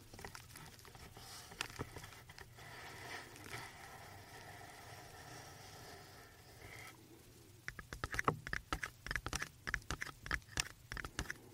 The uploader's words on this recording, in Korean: ASMR 3dio 헤드폰 씌우고 터칭과 탭핑.